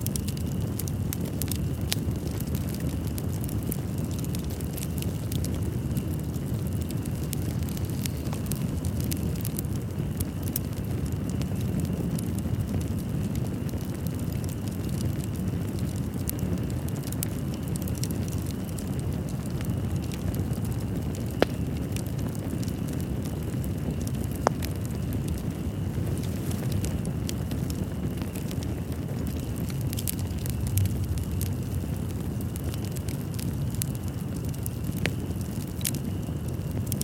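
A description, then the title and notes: A campfire crackles steadily over a constant low rushing wash of river water. Small bright snaps flicker throughout, with two sharper pops standing out at about 21 and 24 seconds, while a faint steady high tone hangs in the background. Campfire & River Night Ambience.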